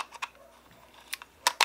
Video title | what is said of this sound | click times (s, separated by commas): Canon to Fuji Adapter - ***FRINGER EF-FX PRO*** IT WORKS!!! - Focused with GK #nosmallcreator | hear that click listen for the click when you first put this lens on | 1.5 s